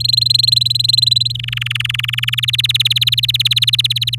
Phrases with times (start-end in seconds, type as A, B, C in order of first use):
0.00-1.32 A, 1.34-2.35 B, 2.37-4.15 C